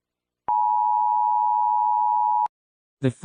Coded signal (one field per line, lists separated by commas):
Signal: Emergency Alert System (SAME) tones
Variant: 853 and 960 Hz attention tone